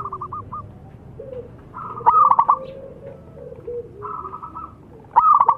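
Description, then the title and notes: Zebra dove song: two bursts of fast staccato coos three seconds apart, with lower, softer notes between them. Long-duration lure recording of an actively singing zebra dove (perkutut). "Pancingan Perkutut Durasi Panjang. Suara Burung Perkutut Gacor"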